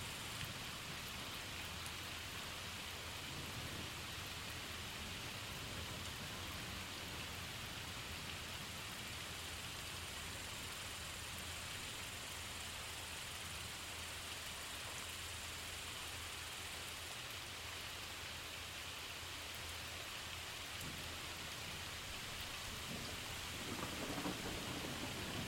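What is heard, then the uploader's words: Steady, dense rain hisses evenly throughout, bright, with a low rumble underneath and a faint surge near the end. Rain noises to sleep to relaxing sounds.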